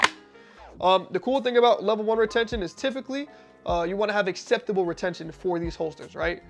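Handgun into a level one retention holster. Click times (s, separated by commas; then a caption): 0.0 s. A handgun is pushed into a hard-shell level one retention holster, giving a sharp positive click at 0.0 s as it seats and the retention holds it. Someone then talks for the rest of the clip.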